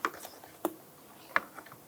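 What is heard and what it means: A new front interior door handle for a 1999-2004 Jeep Grand Cherokee is handled as it is lined up to be pushed into the plastic door trim panel so its retaining clip can snap into place. Short, sharp plastic taps and light ticks are heard, the strongest around 0.1 s, 0.7 s and 1.4 s, over a quiet background. The handle is not yet home, and nothing has seated or clicked yet.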